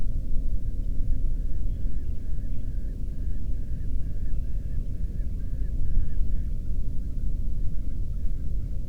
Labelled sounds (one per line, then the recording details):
bird
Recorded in the Prudhoe Bay oil fields, Alaska, on 13 June 2019 at 00:33
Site 30